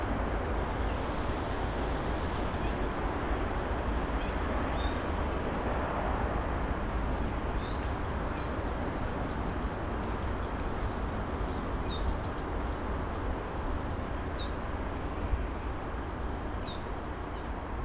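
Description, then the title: Birds chirp and twitter in brief high bursts throughout, over a constant low-pitched roar of ambient noise. Birds singing at Narbonne, France; recorded with a Zoom H6 recorder and Sennheiser MKE 600 microphone. "Narbonne, France - Birds Sing 03. Birds Narbonne 03"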